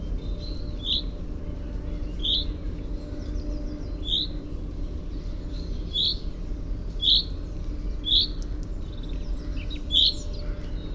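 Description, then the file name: Common chaffinch calls, brief bright notes spaced one to two seconds apart, with faint twitters and a low hum. "Fringilla coelebs"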